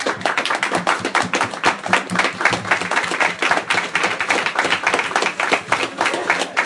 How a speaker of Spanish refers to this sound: Y no solo vamos a divertirnos con Spider-Man, también hay que por favor pedirle un fuerte aplauso para Spider-Gwen.